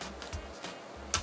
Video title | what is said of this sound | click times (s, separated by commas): PWND #61: Nerf Strikeout Target + Zombie Strike Cross Fire Bow + Orange Stryfe | till you hear a click like that do this number five put it over here | 1.1 s